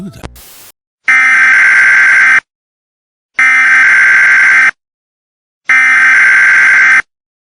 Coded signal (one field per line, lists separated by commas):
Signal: Emergency Alert System (SAME) tones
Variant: header bursts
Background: speech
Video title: EAS Scenario | Spinning Hell